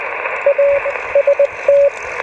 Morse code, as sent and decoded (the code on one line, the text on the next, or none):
.- ... -
AST